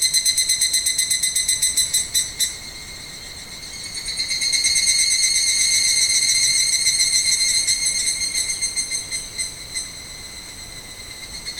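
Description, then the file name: Evening cicada song: separate ringing chirps, a brief lull, then a louder swelling trill that breaks back into spaced, fading pulses. "Higurashi"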